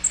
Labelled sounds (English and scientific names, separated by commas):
Bay-breasted Warbler (Setophaga castanea) flight call